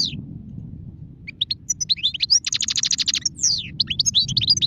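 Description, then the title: European goldfinch song: after a brief pause, rapid liquid twitters build into a fast repeated trill, then more bright chirps, with low rumble beneath. Wild goldfinch; singing, described as the most beautiful song. "اجمل غناءالحسون الخلويchant chardonneret sauvage"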